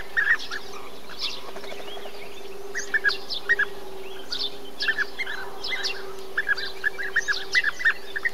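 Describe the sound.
Bee-eater calls, clusters of short purring notes at irregular intervals, with a faint steady tone underneath.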